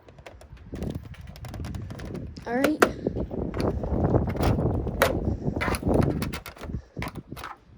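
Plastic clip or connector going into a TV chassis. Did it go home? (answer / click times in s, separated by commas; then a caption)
partly / 5.0 s. While a part of a disassembled 2015 LG 40LX570H LED TV is being refitted, it is pressed so its plastic clips or connectors go into the TV chassis, with rustling and handling noise throughout. One clip snaps in with a sharp, audible click at 5.0 s, but the second clip does not engage. Someone talks during the clip.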